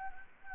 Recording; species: mosquito wingbeat signal from an infrared sensor; Anopheles gambiae